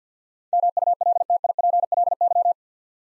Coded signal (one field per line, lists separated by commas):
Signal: Morse code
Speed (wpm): 46 wpm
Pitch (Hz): 700 Hz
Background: none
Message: MULTIPLY